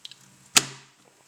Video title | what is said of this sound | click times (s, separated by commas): Cheerson CX-23 a Truely RTF Video FPV Quadcopter - FULL REVIEW! :) | with a satisfying click there. | 0.6 s